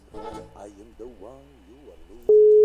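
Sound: telephone line tone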